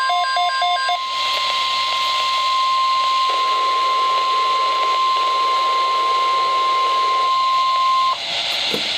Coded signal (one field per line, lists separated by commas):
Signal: Emergency Alert System (SAME) tones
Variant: 1050 Hz attention tone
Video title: EAS #712: Tornado Watch #293 (6/10/2013)